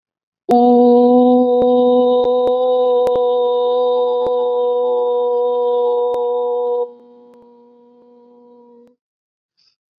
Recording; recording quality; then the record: sustained vowel as in boot; excellent, no background noise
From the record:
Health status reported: COVID-19 positive, mild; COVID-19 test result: positive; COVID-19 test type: RT-PCR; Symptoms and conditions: cough, fever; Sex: female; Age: 19 years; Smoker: no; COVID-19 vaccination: both doses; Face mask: worn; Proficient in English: yes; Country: India